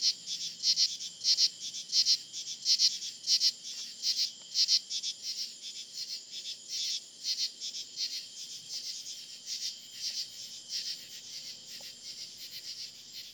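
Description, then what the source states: Insects in chorus, a shrill pulsing buzz that rises and falls rhythmically, strongest early on and slightly softer later. Recorded in July.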